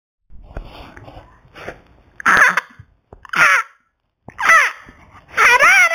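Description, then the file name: Macaw squawks: harsh, raspy calls with broad harmonic bands, four loud bursts spaced about a second apart after softer rough sounds at the start. "arara"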